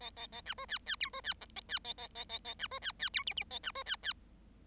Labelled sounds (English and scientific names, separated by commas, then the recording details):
Bengalese Finch (Lonchura striata domestica) song
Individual Bird7